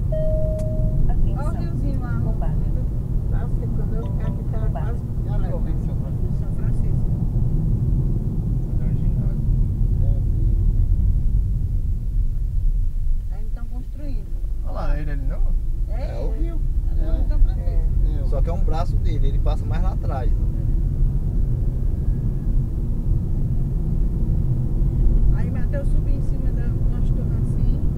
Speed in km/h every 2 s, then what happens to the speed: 59, 61, 60, 53, 37, 21, 14, 20, 29, 37, 45, 51, 57, 62.
0-5 steady at about 60. 5-12 brakes to 14. 12-28 speeds up to 62.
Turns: none.